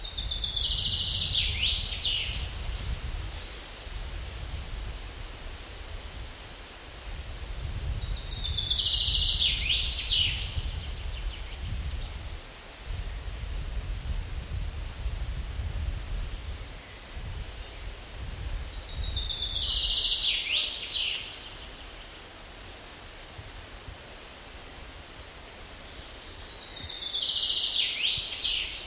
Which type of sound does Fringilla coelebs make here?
song